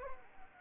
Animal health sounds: mosquito wingbeat signal from an infrared sensor; Anopheles arabiensis

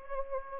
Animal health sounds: mosquito wingbeat signal from an infrared sensor; Anopheles gambiae

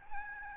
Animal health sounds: mosquito wingbeat signal from an infrared sensor; Aedes albopictus

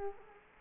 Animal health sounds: mosquito wingbeat signal from an infrared sensor; Culex quinquefasciatus

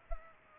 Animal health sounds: mosquito wingbeat signal from an infrared sensor; Culex pipiens

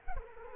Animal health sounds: mosquito wingbeat signal from an infrared sensor; Culex quinquefasciatus

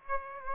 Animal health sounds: mosquito wingbeat signal from an infrared sensor; Aedes aegypti

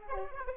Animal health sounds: mosquito wingbeat signal from an infrared sensor; Aedes aegypti

